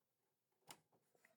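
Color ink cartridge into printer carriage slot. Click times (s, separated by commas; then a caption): 0.7 s. A color ink cartridge for an HP Envy 6122e/6100e printer is pushed into its slot on the left of the carriage, chip and contacts first, then pulled up to lock it. A sharp click at 0.7 s shows it seating, followed by softer plastic taps near 0.9 s and 1.2 s. The cartridge clicks home and is seated.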